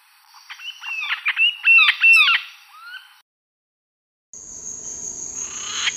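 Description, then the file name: Red-fan parrot giving a burst of harsh, squawky harmonic calls with bent, upslurred notes for about three seconds, then a break followed by a steady high-pitched noise. "Deroptyus accipitrinus"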